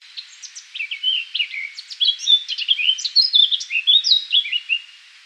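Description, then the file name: Eurasian blackcap singing a fast, tumbling warble of mixed whistles and quick chirps, building in loudness before fading at the end. "Sylvia atricapilla"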